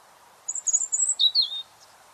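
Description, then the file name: European robin singing a short phrase: a string of very high, sweet whistled notes followed by lower liquid warbles, lasting about a second, with a soft background hum. "Erithacus rubecula"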